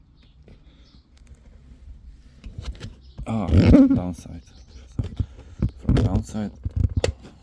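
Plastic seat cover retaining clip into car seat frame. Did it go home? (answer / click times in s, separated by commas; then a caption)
yes / 7.0 s. A plastic seat cover retaining clip on a Ford Focus MK4 is pressed down into its mount on the car seat frame while someone talks, with soft handling clicks and rustles along the way. A sharp, loud click at 7.0 s confirms the clip has snapped into place and is seated.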